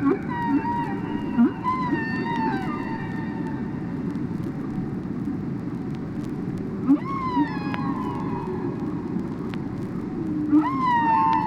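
Whale calls: several harmonic whistles, each a quick upsweep with a falling tail, separated by quieter stretches over steady low background noise.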